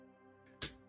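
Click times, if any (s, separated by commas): 0.6 s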